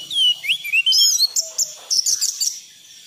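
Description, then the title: Thrush singing a fast, dense run of high slurred whistles and twittering notes, rising and falling with barely a pause. Bird-keeping masteran recording for training pet songbirds; song style described as 'gacor teler'. "anis gacor teler"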